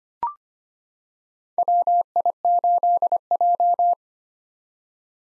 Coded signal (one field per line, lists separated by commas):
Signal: Morse code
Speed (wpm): 25 wpm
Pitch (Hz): 700 Hz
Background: none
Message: WI8J